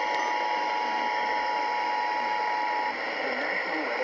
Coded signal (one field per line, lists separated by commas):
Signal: Emergency Alert System (SAME) tones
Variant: 853 and 960 Hz attention tone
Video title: Severe thunderstorm warning from 4-15-24 EAS#99-102